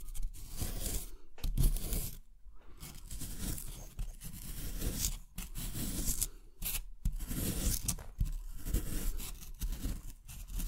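Scraping and crunching of tools digging into a soaked block of plaster, in rough strokes. Gritty bursts come in quick irregular runs with brief pauses near two, five and seven seconds.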